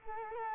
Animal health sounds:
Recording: mosquito wingbeat signal from an infrared sensor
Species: Culex quinquefasciatus

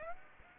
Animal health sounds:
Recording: mosquito wingbeat signal from an infrared sensor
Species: Aedes aegypti

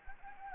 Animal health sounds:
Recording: mosquito wingbeat signal from an infrared sensor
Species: Anopheles arabiensis

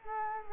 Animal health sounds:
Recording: mosquito wingbeat signal from an infrared sensor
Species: Culex quinquefasciatus

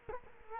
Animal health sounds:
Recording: mosquito wingbeat signal from an infrared sensor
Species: Culex quinquefasciatus

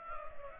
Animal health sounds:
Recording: mosquito wingbeat signal from an infrared sensor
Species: Culex pipiens

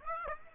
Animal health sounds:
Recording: mosquito wingbeat signal from an infrared sensor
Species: Aedes aegypti

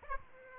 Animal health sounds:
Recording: mosquito wingbeat signal from an infrared sensor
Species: Aedes aegypti

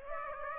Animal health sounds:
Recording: mosquito wingbeat signal from an infrared sensor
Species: Aedes aegypti

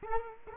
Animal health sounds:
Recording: mosquito wingbeat signal from an infrared sensor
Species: Culex quinquefasciatus

